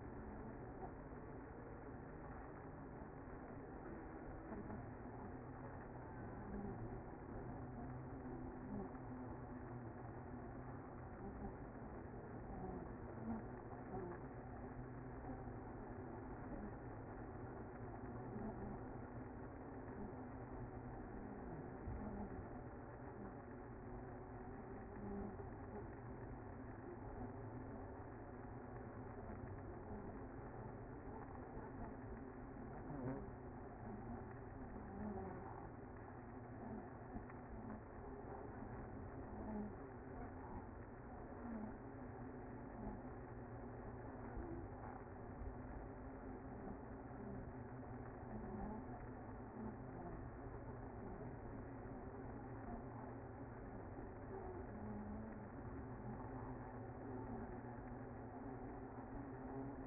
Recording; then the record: honeybee colony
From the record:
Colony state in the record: active